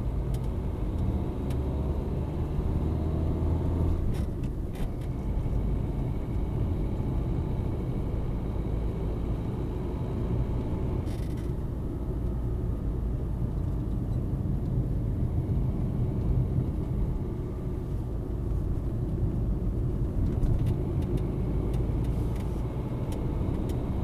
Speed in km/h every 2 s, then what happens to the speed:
33, 41, 39, 41, 43, 46, 42, 39, 41, 40, 39, 47.
0-2 speeds up to 41. 2-20 steady at about 41. 20-24 speeds up to 47.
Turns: 11-16.